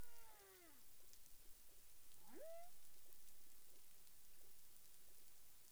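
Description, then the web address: Humpback whale song units: a harmonic moaning downsweep, then after a pause a short whooping upsweep that rises sharply, over a steady hiss of underwater noise. Recorded 30 January 2021 at 12:42:58 UTC. "humpback whale 20210130 124258 UTC"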